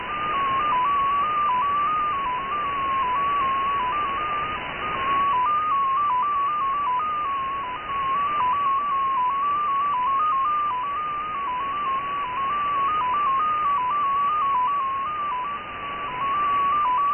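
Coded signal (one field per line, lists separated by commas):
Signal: numbers station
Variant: XPA2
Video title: XPA2 16338 USB 10-14-2018 1500z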